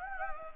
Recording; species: mosquito wingbeat signal from an infrared sensor; Anopheles gambiae